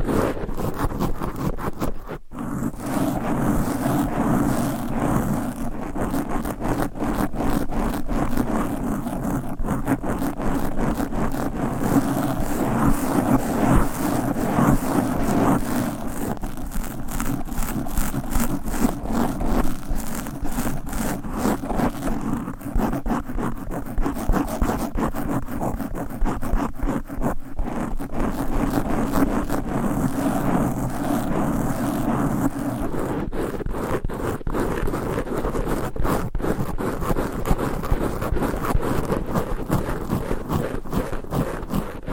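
Fast, aggressive scratching of microphones with nails and covers runs almost without pause, a dense rasping texture with a steady low rumble underneath. Quick rhythmic strokes and bursts of scraping come and go, and the tone shifts around 33 seconds as a different mic takes over.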